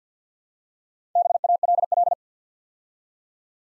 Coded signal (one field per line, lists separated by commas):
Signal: Morse code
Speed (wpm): 50 wpm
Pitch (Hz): 700 Hz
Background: none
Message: BALL